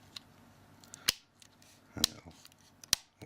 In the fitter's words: snap into place